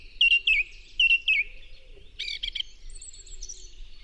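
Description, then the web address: Song thrush song: a pair of looping whistled notes given twice, then a quick burst of harsh notes and a thin high phrase. "chant Grive musicienne"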